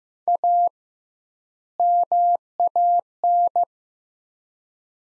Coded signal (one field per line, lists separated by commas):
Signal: Morse code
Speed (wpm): 15 wpm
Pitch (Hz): 700 Hz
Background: none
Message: A MAN